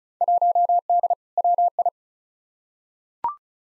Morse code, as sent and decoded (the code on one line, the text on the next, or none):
.---- -.. / .-- ..
1D WI